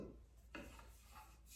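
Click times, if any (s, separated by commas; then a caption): none. Numbered metal tube pieces of a shower chair base frame are handled at their spring push-button tube joint, with the button pressed and one tube slid toward the other. Soft rubbing and scraping is heard, with a sharp knock at 0.55 s. Nothing has seated or clicked yet.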